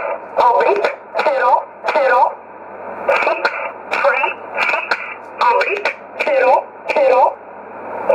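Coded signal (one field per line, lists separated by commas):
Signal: numbers station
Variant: E11, English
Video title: 14 09 2018 E11 Oblique Numbers station in English to Eu 0717 on 9963 unknown tx site in USB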